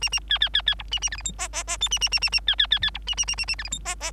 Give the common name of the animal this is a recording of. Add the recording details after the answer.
Bengalese Finch. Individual Bird3